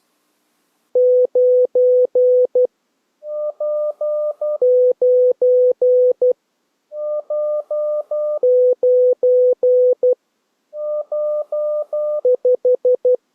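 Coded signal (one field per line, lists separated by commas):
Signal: Morse code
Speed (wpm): 12 wpm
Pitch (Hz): 500 Hz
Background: none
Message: 9 9 9 5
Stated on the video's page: Morse code class recording.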